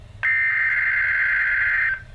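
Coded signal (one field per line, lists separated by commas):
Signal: Emergency Alert System (SAME) tones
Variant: header bursts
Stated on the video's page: NOAA Weather Radio Required Weekly Test.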